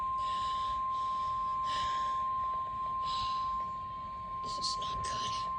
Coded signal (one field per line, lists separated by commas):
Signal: Emergency Alert System (SAME) tones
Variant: 1050 Hz attention tone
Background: speech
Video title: TOA #2 (#592) | EAS #48